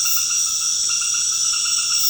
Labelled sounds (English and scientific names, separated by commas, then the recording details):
none
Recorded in secondary vegetation near Puerto Asís, Putumayo, Colombia, on 19 February 2024 at 19:00
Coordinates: 0.472, -76.331
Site G6371